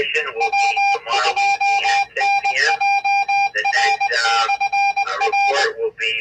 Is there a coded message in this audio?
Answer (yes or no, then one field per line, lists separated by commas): yes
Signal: Morse code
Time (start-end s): 0.4-5.6 s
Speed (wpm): 20 wpm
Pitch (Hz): 800 Hz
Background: speech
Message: W2NJR/R